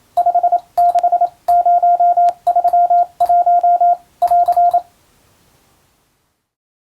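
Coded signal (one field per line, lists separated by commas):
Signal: Morse code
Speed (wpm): 27 wpm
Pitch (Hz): 700 Hz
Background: none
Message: 56031 <AR>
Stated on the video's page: Marine radiotelegraph telegram sending practice for the Japanese radio operator licence exam's Morse practical, also for amateur receiving training.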